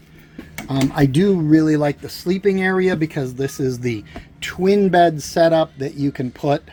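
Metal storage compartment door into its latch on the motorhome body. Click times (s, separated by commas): 0.6 s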